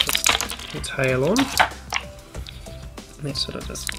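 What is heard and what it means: A plastic tail accessory is handled against a toy pony figure while someone talks, with sharp, short plastic clicks and taps around the words. Nothing has seated or clicked into place yet; the tail is not yet home when the clip ends.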